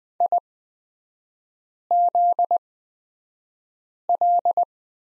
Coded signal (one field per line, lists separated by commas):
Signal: Morse code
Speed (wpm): 20 wpm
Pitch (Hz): 700 Hz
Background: none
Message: IZL